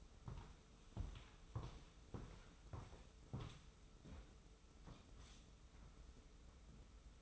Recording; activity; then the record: daily activity, microphone in the room; walk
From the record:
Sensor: 1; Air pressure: 994.4 hPa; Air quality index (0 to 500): 218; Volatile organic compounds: 1000 ppm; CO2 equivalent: 7806 ppm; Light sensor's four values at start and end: 88/195/87/89 and 91/199/89/92